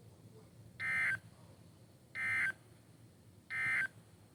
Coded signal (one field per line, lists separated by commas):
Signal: Emergency Alert System (SAME) tones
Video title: CENTRAL OHIO FLOODS (EAS 108-113)